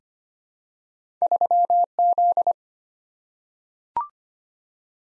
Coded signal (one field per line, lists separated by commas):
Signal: Morse code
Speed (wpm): 25 wpm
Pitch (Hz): 700 Hz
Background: none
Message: 3Z